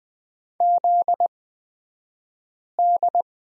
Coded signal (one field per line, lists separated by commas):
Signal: Morse code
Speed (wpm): 20 wpm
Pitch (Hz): 700 Hz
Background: none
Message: ZD